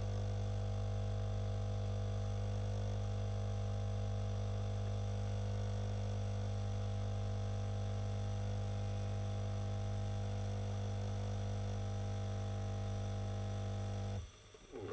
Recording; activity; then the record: daily activity, microphone in the room; make coffee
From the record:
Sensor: 4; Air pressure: 995.4 hPa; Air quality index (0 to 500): 214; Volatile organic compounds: 243 ppm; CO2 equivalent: 4341 ppm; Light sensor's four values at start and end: 26/81/31/33 and 26/81/31/33